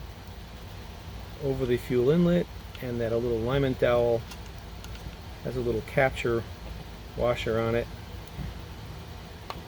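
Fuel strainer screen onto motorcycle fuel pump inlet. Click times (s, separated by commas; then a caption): 9.5 s. A replacement fuel strainer screen is pressed over the fuel pump inlet and its alignment dowel with a small capture washer on a 2006 Ducati Monster S2R 800 undergoing a fuel pump replacement. Someone talks over a low background hum. A single short click at 9.5 seconds marks the screen popping into place, seated.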